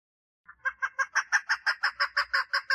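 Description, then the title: Partridge song: a short, rapid sequence of rough, chuckling notes that quickly grows louder. "Perdiz Cantando"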